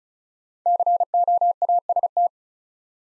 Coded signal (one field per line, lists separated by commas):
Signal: Morse code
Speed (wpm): 36 wpm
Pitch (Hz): 700 Hz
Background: none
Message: COAST